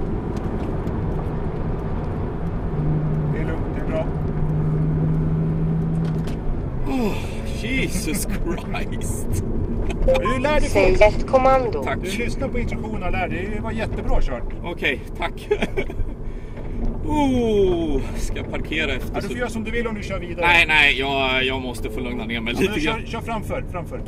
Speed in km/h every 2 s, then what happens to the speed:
62, 71, 75, 63, 48, 45, 44, 42, 40, 33, 27, 22.
0-5 speeds up to 75. 5-24 slows to 22.